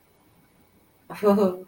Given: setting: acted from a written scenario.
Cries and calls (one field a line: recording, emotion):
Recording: vocal sound without words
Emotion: embarrassment